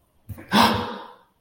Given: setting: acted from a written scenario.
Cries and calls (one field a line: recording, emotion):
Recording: vocal sound without words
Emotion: fear